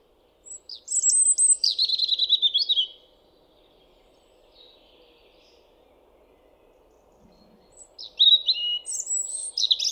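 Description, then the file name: European robin song with a high whistled start dropping into a fast, rattling trill, then a second thin, sweet phrase after a pause; a faint low hum underneath. "Erithacus rubecula"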